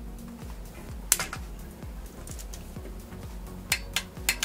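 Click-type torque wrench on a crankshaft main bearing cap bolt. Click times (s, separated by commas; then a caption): 1.1 s. A click-type torque wrench tightens main bearing cap bolt number one on the crankshaft of a Hyundai Elantra/Tucson engine, clicking sharply at its torque setting at 1.1 s. Softer metallic clicks and clinks follow around 1.3 s and from 3.7 to 4.4 s over a steady low hum.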